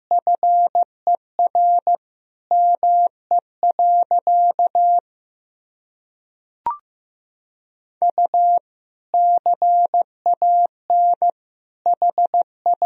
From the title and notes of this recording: Sentences from Top 500 Words and Abbreviations 15wpm. First, the words and abbreviations are sent in Morse code.